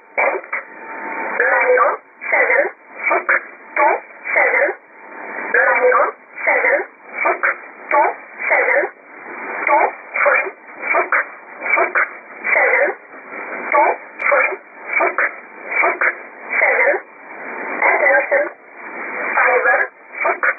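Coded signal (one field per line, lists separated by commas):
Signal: numbers station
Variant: E11 Oblique, English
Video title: 04 01 2018 Numbers station E11 Oblique in English to Eu 0652 on 7840 unknown tx site in USB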